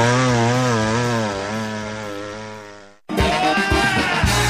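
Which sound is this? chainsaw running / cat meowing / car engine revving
chainsaw running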